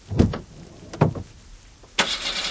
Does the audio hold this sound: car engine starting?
yes